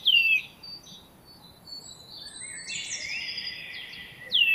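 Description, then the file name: Eurasian nuthatch calls, two loud descending whistled notes, one at the start and one at the end, with fainter sounds in between. "Sitta europaea"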